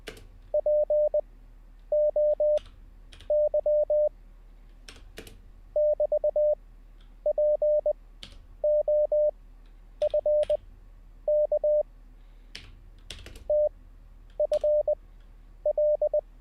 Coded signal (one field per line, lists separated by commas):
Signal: Morse code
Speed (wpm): 20 wpm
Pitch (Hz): 600 Hz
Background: none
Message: POY <BT>POFK TFL